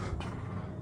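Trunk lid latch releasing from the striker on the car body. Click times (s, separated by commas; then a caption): 0.2 s. The trunk lid latch on a Mercedes E55 AMG releases from the striker on the car body at 0.2 s, and the lid springs open easily. The latch lets go with a short, sharp click over a steady low rumble. The trunk opens nicely.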